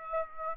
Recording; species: mosquito wingbeat signal from an infrared sensor; Aedes aegypti